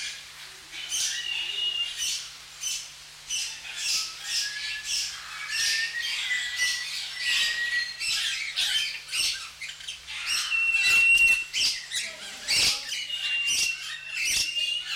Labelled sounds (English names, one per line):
Grosbeak Starling call